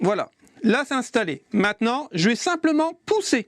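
A graphics card is handled at a motherboard PCIe slot with its latch as it is lined up to be pushed down into the slot while someone talks. No distinct mechanical sound stands out over the voice. The card has not seated and the latch has not clicked yet.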